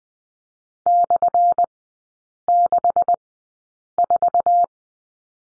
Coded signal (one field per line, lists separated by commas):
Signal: Morse code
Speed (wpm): 20 wpm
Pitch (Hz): 700 Hz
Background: none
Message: /64